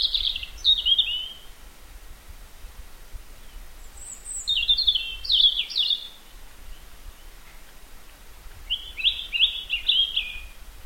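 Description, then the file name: European robin song: quick high twittering phrases separated by pauses of a few seconds, with a faint very high thin note between them; low background rumble. "Erithacus rubecula"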